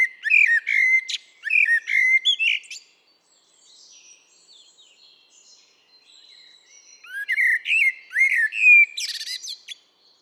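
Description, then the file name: Eurasian blackbird gives rich fluted phrases, each closing with thin high squeaks, pauses amid faint background chirping, then sings another slurred, whistled phrase ending in a scratchy twitter. "Turdus merula"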